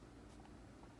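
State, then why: Not seated. The magnetic snap clasp on the flap of a Louis Vuitton leather handbag (cowhide exterior, textile lining) is handled as the bag is being closed, with only faint, steady low handling noise and no distinct snap. Nothing has seated or clicked yet.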